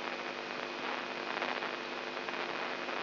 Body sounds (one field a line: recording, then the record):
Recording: brain microelectrode recording played as sound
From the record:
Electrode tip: inside the subthalamic nucleus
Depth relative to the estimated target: -1 mm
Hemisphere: left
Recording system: AlphaMap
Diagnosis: Parkinson's disease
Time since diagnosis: 11 years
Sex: male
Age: 67 years